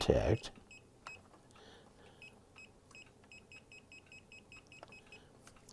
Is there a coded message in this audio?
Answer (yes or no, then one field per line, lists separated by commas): no